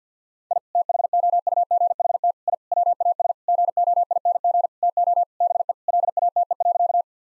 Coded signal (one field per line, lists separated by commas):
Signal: Morse code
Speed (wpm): 50 wpm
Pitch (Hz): 700 Hz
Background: none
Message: I THOUGHT I WAS GOING TO BE LATE.